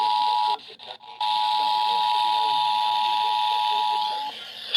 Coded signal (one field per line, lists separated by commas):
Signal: Emergency Alert System (SAME) tones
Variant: 853 and 960 Hz attention tone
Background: speech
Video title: SVR FOR MY COUNTY! (EAS#276-284)